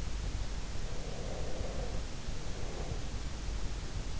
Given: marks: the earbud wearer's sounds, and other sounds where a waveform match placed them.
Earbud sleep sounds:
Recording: sounds in sleep by an in-ear microphone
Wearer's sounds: breath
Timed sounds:
0.73-3.20 s: breath

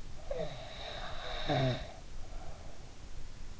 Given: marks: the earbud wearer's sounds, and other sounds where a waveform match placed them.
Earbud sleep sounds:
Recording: sounds in sleep by an in-ear microphone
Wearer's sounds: snoring breath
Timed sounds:
0.14-3.54 s: snoring breath

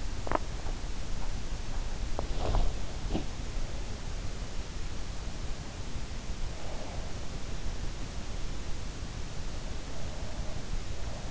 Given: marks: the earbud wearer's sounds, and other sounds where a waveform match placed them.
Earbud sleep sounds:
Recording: sounds in sleep by an in-ear microphone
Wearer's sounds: body movement, breath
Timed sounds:
0.00-3.70 s: body movement
6.56-7.46 s: breath
9.57-11.31 s: breath

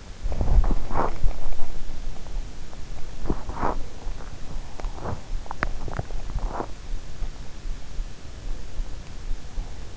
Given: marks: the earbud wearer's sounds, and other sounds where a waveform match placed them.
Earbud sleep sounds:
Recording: sounds in sleep by an in-ear microphone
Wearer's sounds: body movement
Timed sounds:
0.00-7.40 s: body movement

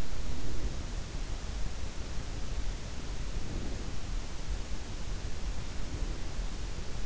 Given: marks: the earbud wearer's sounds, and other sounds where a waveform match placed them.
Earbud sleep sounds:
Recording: sounds in sleep by an in-ear microphone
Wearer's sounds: breath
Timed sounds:
0.00-1.18 s: breath
3.25-4.29 s: breath
5.62-6.55 s: breath

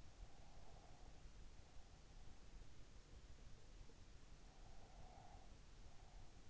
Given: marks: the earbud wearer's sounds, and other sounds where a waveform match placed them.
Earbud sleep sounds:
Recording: sounds in sleep by an in-ear microphone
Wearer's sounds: breath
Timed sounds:
0.07-2.08 s: breath
4.44-6.49 s: breath

